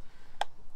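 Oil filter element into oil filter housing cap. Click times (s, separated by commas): 0.4 s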